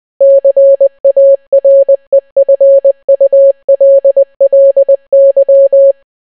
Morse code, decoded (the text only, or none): CAREFULLY